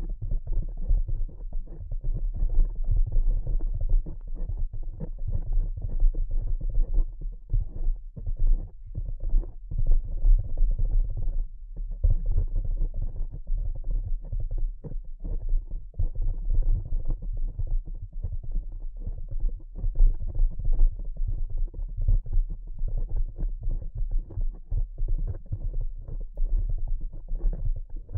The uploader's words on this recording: ASMR Delicate Tapping (No Talking).